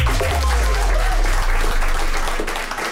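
Steady, loud audience applause fills the whole stretch, dense overlapping claps with a few cheers mixed in, easing slightly at the very end, from the audience at the DIDD Verkiezingscafé election event at Café Fosco in Amsterdam.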